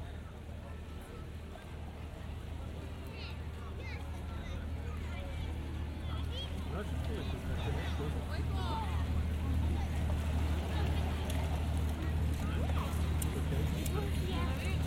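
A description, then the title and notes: Voices of a mother and child mingle with steady babble at a beach, over a constant low rumble that grows slightly louder midway. Generative soundscape based on a two-dimensional random walk between four binaural soundscapes recorded in Piran (Slovenia). Beach scene with mother and child.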